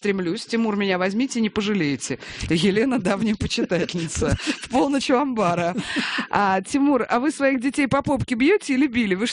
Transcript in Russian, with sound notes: Тимур, меня возьмите, не пожалеете. Елена, давняя почитательница» (все смеются). В полночь у амбара. «Тимур, вы своих детей по попке бьете или били?